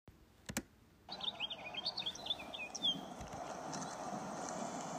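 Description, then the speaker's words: House finch song, a fast warbled run of varied high chirps and slurred notes lasting about two seconds, over steady background hiss. Red-bellied, gray-brown bird; introduced to New York from Mexico in the 1940s. "You just heard the beautiful noises of the house finch."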